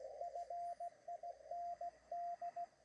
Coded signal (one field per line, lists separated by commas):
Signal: Morse code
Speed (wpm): 16 wpm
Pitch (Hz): 700 Hz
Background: radio noise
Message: FIND